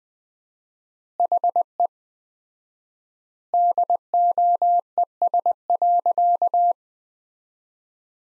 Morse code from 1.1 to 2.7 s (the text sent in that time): HE